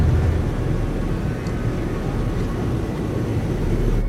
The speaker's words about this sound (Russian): Самолет снижается.